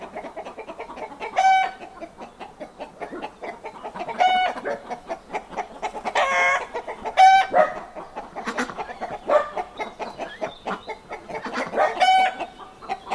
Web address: Hollywood Edge Historical Series cd 5 Traffic Free BG's Farmyard With Chickens Ducks